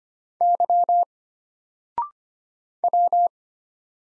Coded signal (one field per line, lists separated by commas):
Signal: Morse code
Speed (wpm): 25 wpm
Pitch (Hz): 700 Hz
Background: none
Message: Y W